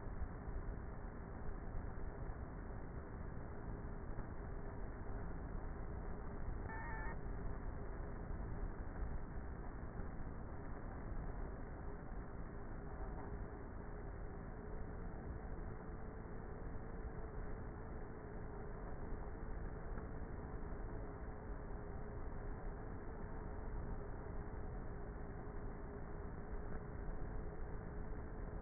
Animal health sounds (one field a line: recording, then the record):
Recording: honeybee colony, microphone inside the hive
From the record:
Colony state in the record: queenless with a low population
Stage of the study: before two queens were removed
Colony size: about 30,000 bees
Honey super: no